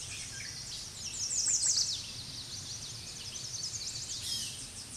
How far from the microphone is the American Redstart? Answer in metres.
about 15 m